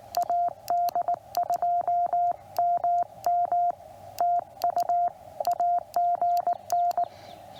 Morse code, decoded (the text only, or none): AD2MM TU AGN